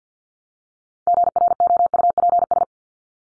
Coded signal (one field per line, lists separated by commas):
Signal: Morse code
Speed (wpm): 48 wpm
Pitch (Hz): 700 Hz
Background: none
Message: GROUPS